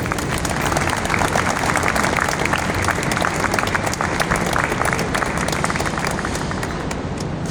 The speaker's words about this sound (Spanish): Brindamos un aplauso también.